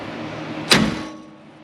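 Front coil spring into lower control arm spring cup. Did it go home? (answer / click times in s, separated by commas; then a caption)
yes / 0.7 s. On a 1980 Camaro, the bottom end of a steel front coil spring is pried with a rounded-end pry bar until it pops into the lower spring cup on the lower control arm. Over a steady low hum, a single sharp, bright pop lands at 0.7 s and then fades out. The spring is seated, though its indexing is not quite right.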